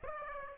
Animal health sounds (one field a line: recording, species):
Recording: mosquito wingbeat signal from an infrared sensor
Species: Aedes aegypti